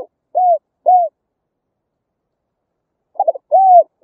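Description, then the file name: Spotted dove gives short arched hoots, a pause, then a stuttered note and a longer falling hoot. "tieng cu gay"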